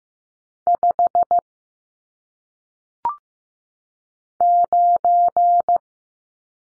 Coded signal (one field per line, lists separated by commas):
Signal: Morse code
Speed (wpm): 15 wpm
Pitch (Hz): 700 Hz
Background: none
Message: 5 9